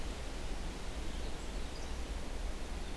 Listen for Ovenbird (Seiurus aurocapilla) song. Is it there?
no